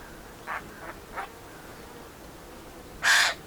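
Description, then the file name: Eurasian jay calls with a loud, harsh screech near the end, preceded by three faint, brief raspy notes over a quiet background. "Garrulus glandarius"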